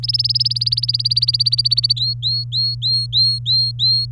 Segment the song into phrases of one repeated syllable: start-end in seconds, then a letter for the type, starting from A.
0.03-1.93 A, 1.97-4.05 B